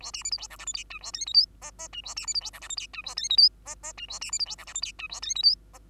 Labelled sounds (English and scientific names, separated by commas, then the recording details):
Bengalese Finch (Lonchura striata domestica) song
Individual Bird2